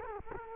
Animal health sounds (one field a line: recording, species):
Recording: mosquito wingbeat signal from an infrared sensor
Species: Culex quinquefasciatus